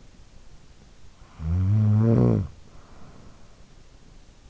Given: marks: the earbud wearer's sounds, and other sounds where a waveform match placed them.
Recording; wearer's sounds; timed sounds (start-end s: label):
sounds in sleep by an in-ear microphone; snoring breath
0.95-3.71 s: snoring breath